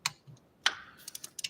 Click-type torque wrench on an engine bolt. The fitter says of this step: you'll get them all spec and you'll hear them click just like that okay